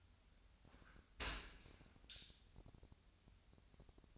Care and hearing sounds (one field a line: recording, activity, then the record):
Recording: daily activity, microphone in the room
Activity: open dishwasher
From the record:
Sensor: 2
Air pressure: 1006.5 hPa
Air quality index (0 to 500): 203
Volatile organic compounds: 15 ppm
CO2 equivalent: 2484 ppm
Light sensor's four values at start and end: 9/22/9/9 and 9/22/9/9